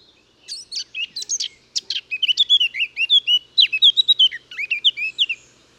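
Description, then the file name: Eurasian blackcap song: soft scratchy notes build into a quick, loud sequence of varied pure whistles, warbling up and down. "Sylvia atricapilla"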